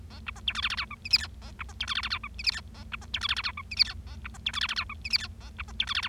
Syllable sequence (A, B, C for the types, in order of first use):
A B C D E F F G H I J K A B C D E F F G H I J K A B C D E F F G H I J K A B C D E F F G H I J K A B C D E F F